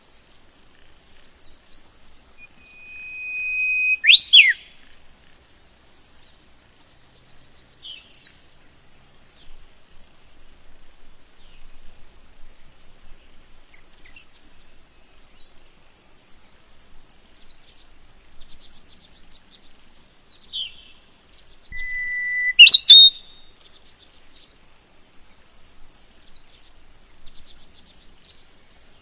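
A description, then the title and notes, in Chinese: A field of yellow rapeseed flowers, mostly quiet, with thin high bird chirps scattered throughout. Two louder bursts of birdsong stand out, around four seconds and again near twenty-two seconds, each with a sliding whistle before a sharp, bright call. 开满黄色油菜花的田里。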